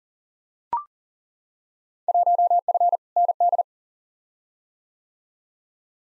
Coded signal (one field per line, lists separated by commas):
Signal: Morse code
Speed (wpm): 40 wpm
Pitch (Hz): 700 Hz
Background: none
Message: 1F ND